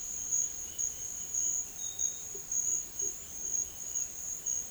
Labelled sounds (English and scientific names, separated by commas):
none